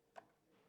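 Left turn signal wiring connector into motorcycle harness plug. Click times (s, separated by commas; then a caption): 0.2 s. The plastic wiring connector for the left turn signal and running light on a 2019 Road Glide motorcycle is pushed together into the harness plug during a full body swap. A single short, sharp click is heard at 0.2 s over a quiet background. The connector is seated.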